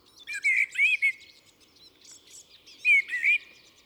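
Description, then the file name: Common blackbird giving two bursts of thin, rising whistled notes, with quieter twittering between them. "Turdus merula"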